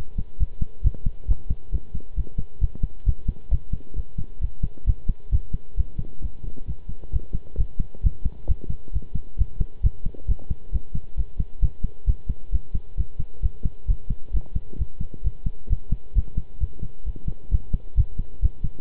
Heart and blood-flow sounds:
heart sounds by stethoscope; between the tricuspid and mitral areas; 133 bpm
0.40 s: heartbeat
0.84 s: heartbeat
1.28 s: heartbeat
1.72 s: heartbeat
2.16 s: heartbeat
2.61 s: heartbeat
3.06 s: heartbeat
3.51 s: heartbeat
3.96 s: heartbeat
4.41 s: heartbeat
4.86 s: heartbeat
5.32 s: heartbeat
5.77 s: heartbeat
6.22 s: heartbeat
6.67 s: heartbeat
7.12 s: heartbeat
7.58 s: heartbeat
8.03 s: heartbeat
8.48 s: heartbeat
8.93 s: heartbeat
9.38 s: heartbeat
9.83 s: heartbeat
10.28 s: heartbeat
10.72 s: heartbeat
11.17 s: heartbeat
11.62 s: heartbeat
12.07 s: heartbeat
12.52 s: heartbeat
12.97 s: heartbeat
13.42 s: heartbeat
13.88 s: heartbeat
14.33 s: heartbeat
14.78 s: heartbeat
15.24 s: heartbeat
15.69 s: heartbeat
16.15 s: heartbeat
16.60 s: heartbeat
17.06 s: heartbeat
17.51 s: heartbeat
17.97 s: heartbeat
18.42 s: heartbeat
From the record:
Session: pedaling a stationary bicycle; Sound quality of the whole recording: good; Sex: male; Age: 23 years

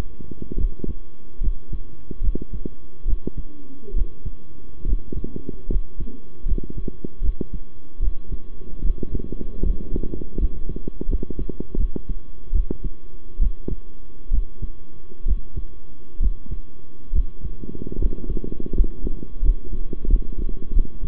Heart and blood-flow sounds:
heart sounds by stethoscope; between the tricuspid and mitral areas; 74 bpm
0.56 s: heartbeat
1.40 s: heartbeat
2.21 s: heartbeat
3.05 s: heartbeat
3.93 s: heartbeat
4.85 s: heartbeat
5.68 s: heartbeat
6.45 s: heartbeat
7.21 s: heartbeat
7.99 s: heartbeat
8.82 s: heartbeat
9.62 s: heartbeat
10.38 s: heartbeat
11.08 s: heartbeat
11.77 s: heartbeat
12.52 s: heartbeat
13.39 s: heartbeat
14.31 s: heartbeat
15.25 s: heartbeat
16.20 s: heartbeat
17.12 s: heartbeat
17.98 s: heartbeat
18.73 s: heartbeat
19.41 s: heartbeat
20.07 s: heartbeat
20.72 s: heartbeat
From the record:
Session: rest, sitting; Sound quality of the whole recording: good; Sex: male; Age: 23 years

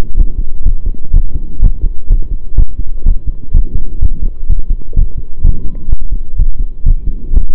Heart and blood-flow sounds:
heart sounds by stethoscope; between the tricuspid and mitral areas; 126 bpm
0.17 s: heartbeat
0.65 s: heartbeat
1.13 s: heartbeat
1.61 s: heartbeat
2.09 s: heartbeat
2.57 s: heartbeat
3.05 s: heartbeat
3.54 s: heartbeat
4.01 s: heartbeat
4.48 s: heartbeat
4.96 s: heartbeat
5.44 s: heartbeat
5.91 s: heartbeat
6.38 s: heartbeat
6.85 s: heartbeat
7.33 s: heartbeat
From the record:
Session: pedaling a stationary bicycle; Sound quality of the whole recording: saturated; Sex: male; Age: 23 years

